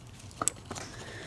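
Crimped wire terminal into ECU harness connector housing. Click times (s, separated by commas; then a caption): 0.5 s. A crimped wire terminal pin is pushed into its slot in a plastic harness connector for an ECU Master standalone ECU on a 600 hp AWD turbo Honda Civic build. A faint tick at about 0.4 s is followed by a sharp, bright click at 0.5 s, with a softer tick near 0.7 s against low background noise. The pin is seated in the housing and good to go.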